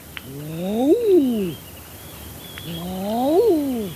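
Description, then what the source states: Common Eider drake courtship cooing, two drawn-out ah-ooo moans that swell upward then slide down, about two and a half seconds apart. Eiders, including drakes, communicating with each other.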